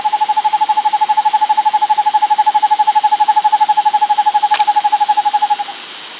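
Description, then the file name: Bird trill, a loud, fast, steady stream of identical mid-pitched pulses that stops abruptly near the end, with one brief click partway through. "SABIOD 50 bird 2015"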